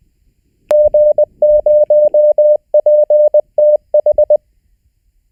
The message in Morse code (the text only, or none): G0PTH